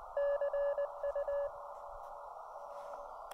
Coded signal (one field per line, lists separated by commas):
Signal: Morse code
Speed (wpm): 19 wpm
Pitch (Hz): 590 Hz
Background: none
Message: CU